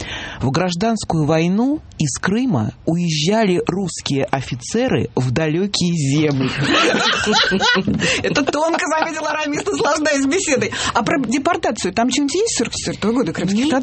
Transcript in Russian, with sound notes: в гражданскую войну из Крыма уезжали русские офицеры в далекие земли.…
(смех) это тонко заметил Арамис, наслаждаясь беседой. А про депортацию там что-нибудь есть 44-го года крымских татар?